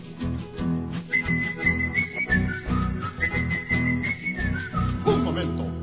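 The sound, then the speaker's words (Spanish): A person in a hardware store whistles a little song, two sustained, fairly high phrases with small pitch bends and a downward slide at the end, heard over a steady low rumbling background. “Bueno, pero ¿qué significa ese silbido, hombre?”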